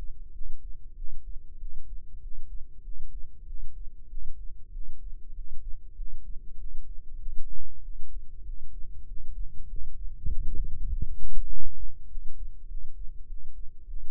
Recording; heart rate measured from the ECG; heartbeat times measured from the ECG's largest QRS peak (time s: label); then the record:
heart sounds by microphone in the left ear; 97 bpm
0.31 s: heartbeat
0.94 s: heartbeat
1.57 s: heartbeat
2.19 s: heartbeat
2.81 s: heartbeat
3.44 s: heartbeat
4.07 s: heartbeat
4.70 s: heartbeat
5.32 s: heartbeat
5.94 s: heartbeat
6.56 s: heartbeat
7.18 s: heartbeat
7.80 s: heartbeat
8.43 s: heartbeat
9.05 s: heartbeat
9.66 s: heartbeat
10.27 s: heartbeat
10.88 s: heartbeat
11.48 s: heartbeat
12.07 s: heartbeat
12.66 s: heartbeat
13.26 s: heartbeat
13.85 s: heartbeat
From the record:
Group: healthy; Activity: rest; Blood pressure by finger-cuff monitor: 100/69 mmHg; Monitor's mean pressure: 79 mmHg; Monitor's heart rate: 97 bpm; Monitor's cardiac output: 7.7 L/min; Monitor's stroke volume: 80 mL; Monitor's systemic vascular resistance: 740 dyn s/cm5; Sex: male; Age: 19 years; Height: 178 cm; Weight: 83 kg